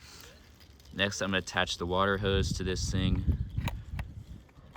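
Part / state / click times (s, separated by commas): water hose quick-connector into pressure washer inlet / seated / 3.7 s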